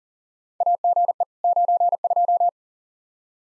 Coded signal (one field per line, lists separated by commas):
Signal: Morse code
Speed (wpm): 40 wpm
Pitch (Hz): 700 Hz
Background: none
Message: AGE 92